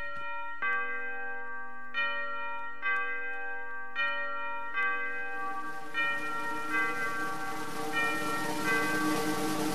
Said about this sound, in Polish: Dzwony.